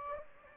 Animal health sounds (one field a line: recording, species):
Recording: mosquito wingbeat signal from an infrared sensor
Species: Anopheles gambiae